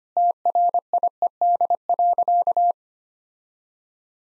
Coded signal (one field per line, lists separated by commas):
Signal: Morse code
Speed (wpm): 25 wpm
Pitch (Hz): 700 Hz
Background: none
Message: TRIED.